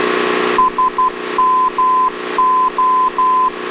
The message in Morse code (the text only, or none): SMO